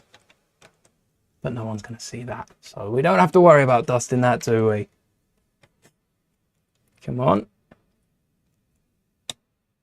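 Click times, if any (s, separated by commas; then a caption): 9.3 s. A plastic Lego brick is pressed onto the studs of a model while someone talks. A single sharp click sounds at 9.3 s. The brick only partly clicks on, since the top part does not click and the brick is not fully seated.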